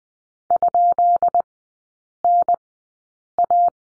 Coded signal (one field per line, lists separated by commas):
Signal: Morse code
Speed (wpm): 20 wpm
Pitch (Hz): 700 Hz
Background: none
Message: ?NA